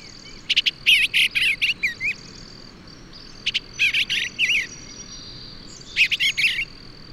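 Bird song of fast twittering and chattering phrases in three bursts, separated by short pauses, against an unbroken thin insect whine.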